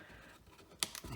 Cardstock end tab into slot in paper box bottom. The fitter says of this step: push them in like that just push it you'll hear them snap